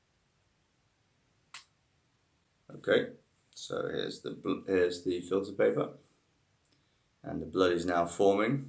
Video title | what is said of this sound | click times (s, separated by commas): How To Test Your NAD Levels | push down until you hear a click and feel a pinch | 1.5 s